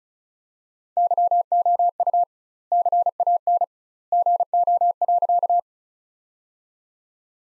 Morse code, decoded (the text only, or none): YOU CAN GO.